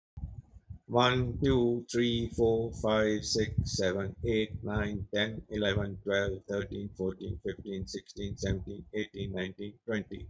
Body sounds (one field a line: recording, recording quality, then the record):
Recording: counting at a normal pace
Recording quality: excellent, no background noise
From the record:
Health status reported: healthy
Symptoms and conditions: none ticked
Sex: male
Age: 59 years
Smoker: not ticked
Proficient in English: yes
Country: India